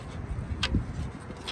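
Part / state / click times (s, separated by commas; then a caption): A/C line fitting with plastic retaining clip into a car condenser port / seated / 0.6 s. An A/C refrigerant line fitting with a plastic retaining clip, the third after two broke, is pushed straight into the port of an OEM Toyota car condenser. A single sharp, bright click at 0.6 s marks the clip's shoulder squishing down and snapping open, followed by a soft low thump over faint background noise. The fitting is confirmed seated.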